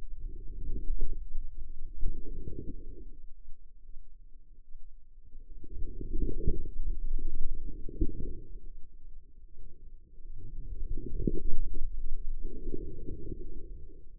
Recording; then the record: forearm muscle sounds (acoustic myography)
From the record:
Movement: outward rotation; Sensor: system 2, bracelet of six BSWA MPA416 microphones around the upper forearm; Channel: 2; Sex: female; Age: 25 years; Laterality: right